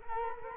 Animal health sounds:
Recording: mosquito wingbeat signal from an infrared sensor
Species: Culex quinquefasciatus

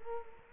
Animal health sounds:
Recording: mosquito wingbeat signal from an infrared sensor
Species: Culex quinquefasciatus

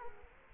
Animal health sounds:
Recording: mosquito wingbeat signal from an infrared sensor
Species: Culex quinquefasciatus

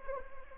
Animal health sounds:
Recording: mosquito wingbeat signal from an infrared sensor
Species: Anopheles arabiensis

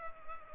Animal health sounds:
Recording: mosquito wingbeat signal from an infrared sensor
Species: Culex pipiens

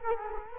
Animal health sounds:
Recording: mosquito wingbeat signal from an infrared sensor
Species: Culex quinquefasciatus

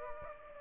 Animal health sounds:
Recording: mosquito wingbeat signal from an infrared sensor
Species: Aedes aegypti

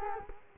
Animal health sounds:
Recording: mosquito wingbeat signal from an infrared sensor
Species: Culex quinquefasciatus

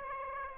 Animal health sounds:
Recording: mosquito wingbeat signal from an infrared sensor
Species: Aedes aegypti

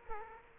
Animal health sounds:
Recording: mosquito wingbeat signal from an infrared sensor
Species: Culex quinquefasciatus

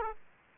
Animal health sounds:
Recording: mosquito wingbeat signal from an infrared sensor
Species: Aedes aegypti

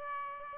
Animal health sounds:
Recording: mosquito wingbeat signal from an infrared sensor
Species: Aedes albopictus

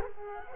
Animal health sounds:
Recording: mosquito wingbeat signal from an infrared sensor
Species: Culex quinquefasciatus

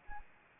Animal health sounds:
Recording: mosquito wingbeat signal from an infrared sensor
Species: Anopheles arabiensis

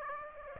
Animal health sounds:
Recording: mosquito wingbeat signal from an infrared sensor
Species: Aedes aegypti

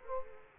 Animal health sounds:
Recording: mosquito wingbeat signal from an infrared sensor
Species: Culex quinquefasciatus

